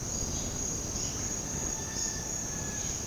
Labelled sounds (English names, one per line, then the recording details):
none
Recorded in dense forest near Puerto Asís, Putumayo, Colombia, on 18 February 2024 at 08:30
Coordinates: 0.503, -76.322
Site G6418